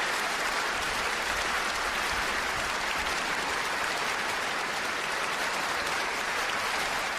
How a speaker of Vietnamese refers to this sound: Bất ngờ, khán phòng dậy lên một tràng pháo tay khi Kamenach tiến ra sân khấu.